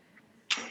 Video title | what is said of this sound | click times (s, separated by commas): FitQuest UltraThin Walking Treadmill | this is how you're going to store it you're going to pop that down it locks into place | 0.5 s